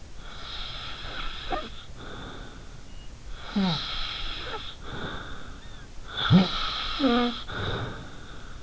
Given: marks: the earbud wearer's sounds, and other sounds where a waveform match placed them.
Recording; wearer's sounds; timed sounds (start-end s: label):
sounds in sleep by an in-ear microphone; snoring breath
0.21-2.76 s: snoring breath
3.33-5.83 s: snoring breath
6.09-8.63 s: snoring breath